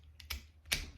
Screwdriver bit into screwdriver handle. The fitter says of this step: pops into place like that and then it's got two separate uh